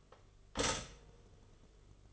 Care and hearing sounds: daily activity, microphone in the room; stop toaster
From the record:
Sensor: 4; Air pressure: 1015.5 hPa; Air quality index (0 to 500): 195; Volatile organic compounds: 9 ppm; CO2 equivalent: 2176 ppm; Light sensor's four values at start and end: 4/9/3/3 and 4/9/3/3

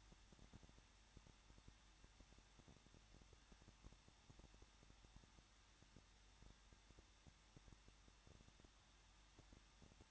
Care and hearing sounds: daily activity, microphone in the room; no activity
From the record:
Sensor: 3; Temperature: 21.2 degrees Celsius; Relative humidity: 36.3%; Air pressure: 1006.3 hPa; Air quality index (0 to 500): 222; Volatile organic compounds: 41 ppm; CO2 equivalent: 3165 ppm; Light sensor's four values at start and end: 2/3/2/2 and 2/3/2/2

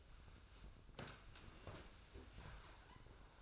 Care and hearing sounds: daily activity, microphone in the room; sit down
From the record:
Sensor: 2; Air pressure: 1004.9 hPa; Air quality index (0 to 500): 91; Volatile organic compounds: 2 ppm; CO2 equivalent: 1091 ppm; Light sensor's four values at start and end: 7/17/7/7 and 7/17/7/7

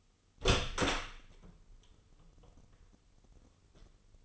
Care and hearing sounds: daily activity, microphone in the room; open door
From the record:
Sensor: 4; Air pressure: 996.9 hPa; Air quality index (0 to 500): 50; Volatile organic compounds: 1 ppm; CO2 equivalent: 830 ppm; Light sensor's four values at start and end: 19/45/18/19 and 18/40/17/17

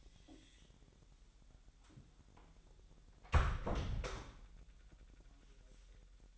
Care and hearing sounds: daily activity, microphone in the room; close door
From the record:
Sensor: 3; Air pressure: 1001.2 hPa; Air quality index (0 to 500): 248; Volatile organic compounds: 171 ppm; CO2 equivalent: 4112 ppm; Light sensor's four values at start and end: 12/29/12/12 and 12/29/12/12

